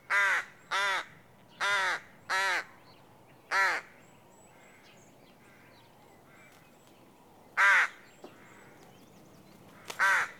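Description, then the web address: Rook cawing: harsh, hoarse caws in a run of five over about four seconds, then a quiet gap and two more widely spaced caws. Adult rook call. "The BBC Sound Effects Library. Rook (Corvus Frugilegus) Adult"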